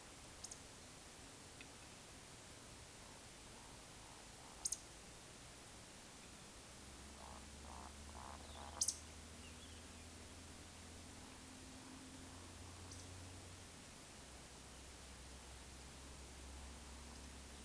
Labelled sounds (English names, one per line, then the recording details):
Eurasian Woodcock whistle
Eurasian Woodcock croak
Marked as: whistle, croak, whistle, croak, whistle, croak, whistle, whistle
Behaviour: display flight
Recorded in Baden-Württemberg, Germany, on 31 May 2021 at 20:06 UTC
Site 24606, 635 m above sea level